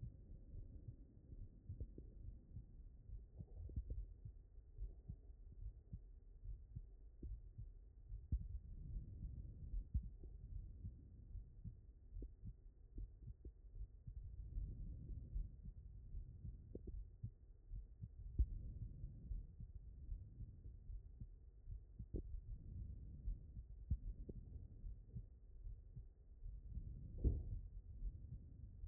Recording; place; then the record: heart sounds by stethoscope; aortic valve (AV)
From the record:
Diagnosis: non-HFrEF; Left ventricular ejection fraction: 69%